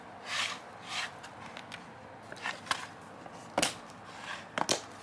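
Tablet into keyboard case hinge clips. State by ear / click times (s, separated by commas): not seated / none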